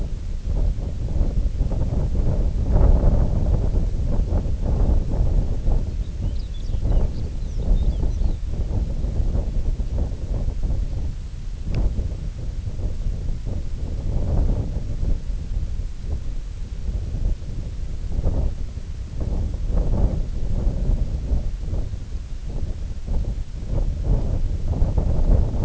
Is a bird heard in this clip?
yes